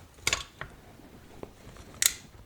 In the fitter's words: if you listen you'll be able to hear it click into place